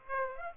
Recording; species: mosquito wingbeat signal from an infrared sensor; Aedes aegypti